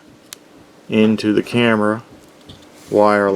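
One end of a Y-cable lead is plugged into the small plastic connector of a Crazepony FPV camera during an Inductrix Tiny Whoop build. A single sharp tick at 0.3 s marks the connector seating, and then someone talks.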